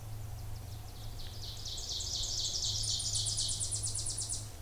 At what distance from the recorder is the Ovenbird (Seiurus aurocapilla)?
about 35 m